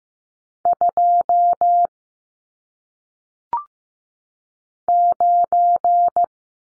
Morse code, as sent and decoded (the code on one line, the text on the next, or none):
..--- / ----.
2 9